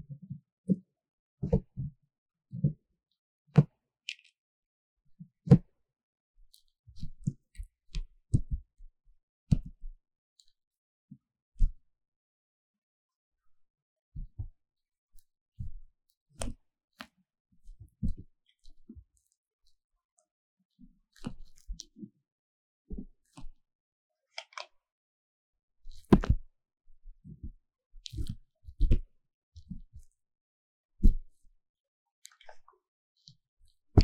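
Ear cleaning: sharp, dry clicks and soft thuds come in irregular bursts against near silence. The scratchy taps cluster densely around the middle and later stretches, with a few brighter crackles, and there are short quiet gaps between groups.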